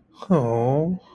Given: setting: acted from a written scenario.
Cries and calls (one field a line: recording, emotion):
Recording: vocal sound without words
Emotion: sympathy